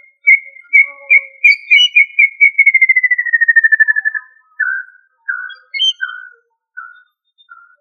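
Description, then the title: Tinamou whistled call: a run of pure whistles that speeds up into a smooth falling glide, followed by several scattered lower whistled notes. "Familia Tinamidae - Quail - Puyuh"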